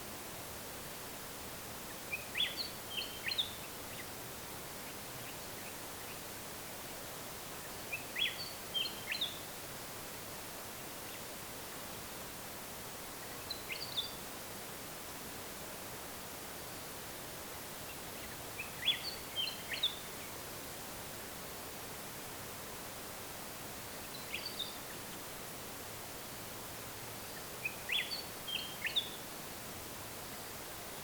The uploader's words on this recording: A Night in the Desert at Coward Springs. Near our campsite at Coward Springs, along the Oodnadatta track at the south end of Kati Thanda–Lake Eyre.